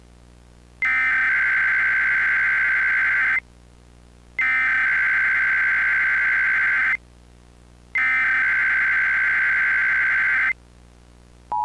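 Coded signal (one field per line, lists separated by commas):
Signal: Emergency Alert System (SAME) tones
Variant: header bursts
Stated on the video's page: Fictional found-footage recreation of a national emergency broadcast, not a real alert.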